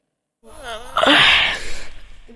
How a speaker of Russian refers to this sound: Этикет не разрешает зевать в присутствии монарха. Я запрещаю тебе зевать.